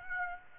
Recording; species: mosquito wingbeat signal from an infrared sensor; Aedes aegypti